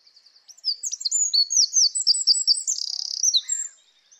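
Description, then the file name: Eurasian wren singing a brisk three-second burst of high notes and chattering trills, against silence. "Troglodytes troglodytes"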